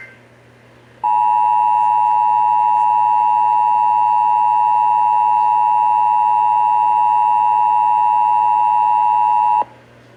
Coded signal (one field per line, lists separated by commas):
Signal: Emergency Alert System (SAME) tones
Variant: 853 and 960 Hz attention tone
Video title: (EAS #508) Severe Thunderstorm Warning (WBAP-AM)